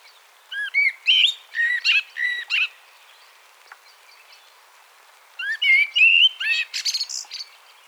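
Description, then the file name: Common blackbird singing: a string of rich, fluty whistled notes, then a pause, then another warbling phrase ending in scratchy high twitters. "Turdus merula"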